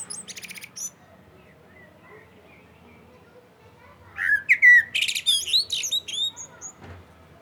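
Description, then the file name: Common blackbird song: a short burst of high twittering, a pause, then a mellow fluted phrase that breaks into squeaky, scratchy twitters. "Turdus merula"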